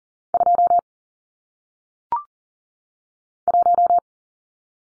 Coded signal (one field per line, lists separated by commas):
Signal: Morse code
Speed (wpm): 38 wpm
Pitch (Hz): 700 Hz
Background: none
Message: 2 1